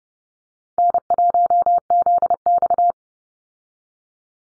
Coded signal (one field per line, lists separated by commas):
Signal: Morse code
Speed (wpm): 30 wpm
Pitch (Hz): 700 Hz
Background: none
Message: N1ZX